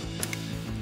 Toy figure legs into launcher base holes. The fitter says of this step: into place like that okay and then you know what security you hear I'll click like it just did and can't get it off sometimes